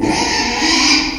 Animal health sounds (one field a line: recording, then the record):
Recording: squeal of a Yucatan mini pig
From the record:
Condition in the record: after surgery on the right vocal fold (resection and tissue-engineered implant)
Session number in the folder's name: 2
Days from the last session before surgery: 13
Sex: male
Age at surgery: 12 weeks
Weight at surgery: 13 kg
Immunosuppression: cyclosporine, prednisolone